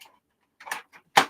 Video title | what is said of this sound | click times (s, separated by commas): Live with Restream, September 01 | and make sure it clicks, and then flip that forward like that, | 1.2 s